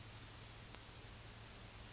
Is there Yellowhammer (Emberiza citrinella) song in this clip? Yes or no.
no